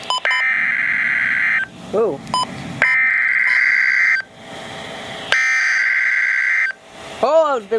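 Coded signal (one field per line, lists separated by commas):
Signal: Emergency Alert System (SAME) tones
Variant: header bursts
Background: speech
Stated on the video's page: Severe thunderstorm and flash flood warnings received from NOAA weather radio stations.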